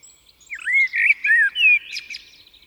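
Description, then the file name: Common blackbird song: a clear, mellow fluted phrase of several slurred notes, ending in a brief high, scratchy twitter. "Turdus merula"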